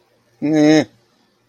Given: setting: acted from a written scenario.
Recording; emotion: vocal sound without words; confusion